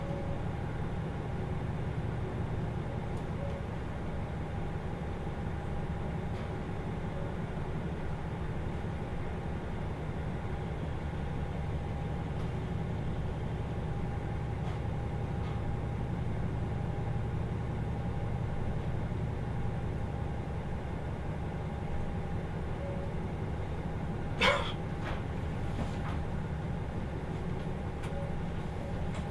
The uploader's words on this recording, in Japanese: 豊肥本線 九州横断特急3号 立野→宮地。立野を出るとスイッチバックで逆走していき、再度向きを変えて阿蘇の急峻な坂を上がっていきます。